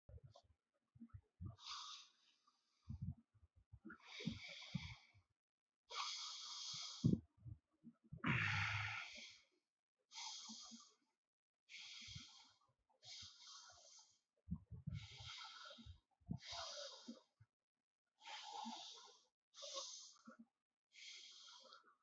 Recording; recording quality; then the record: deep breathing; excellent, no background noise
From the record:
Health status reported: healthy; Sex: male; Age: 21 years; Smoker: yes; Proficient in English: yes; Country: India